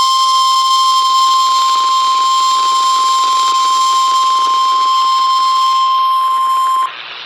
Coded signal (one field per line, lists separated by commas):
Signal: Emergency Alert System (SAME) tones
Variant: 1050 Hz attention tone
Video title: More Severe Weather... EAS Alerts from 7/14/23 (EAS 229-242)